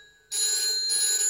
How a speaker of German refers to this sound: Geh ans Telefon.